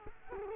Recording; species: mosquito wingbeat signal from an infrared sensor; Culex quinquefasciatus